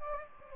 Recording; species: mosquito wingbeat signal from an infrared sensor; Anopheles gambiae